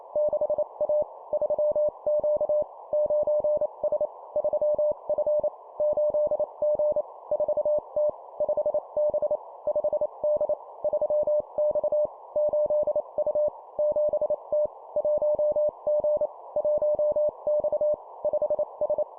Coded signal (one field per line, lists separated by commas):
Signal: Morse code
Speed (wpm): 28 wpm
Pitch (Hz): 600 Hz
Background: none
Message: 6A 3Q 9S 3F 8G 4T 5B 5D 3X 8U 7T 1G 1X 5S